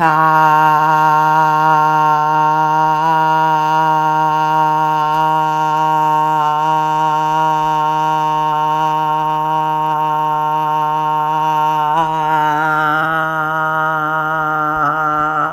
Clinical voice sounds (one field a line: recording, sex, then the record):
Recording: sustained vowel /a/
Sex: female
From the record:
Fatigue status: no fatigue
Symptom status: asymptomatic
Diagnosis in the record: COVID-19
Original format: m4a